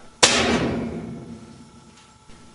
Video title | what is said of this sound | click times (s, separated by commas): Whirlpool washing machine cabinet removal | put the screwdriver on it and tap on it until it snaps in place | 0.2 s